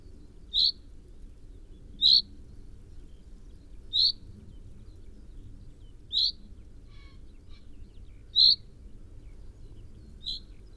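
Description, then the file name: Common chaffinch calls, short bright high notes repeated about every two seconds, six in all, over faint low background noise. "Fringilla coelebs"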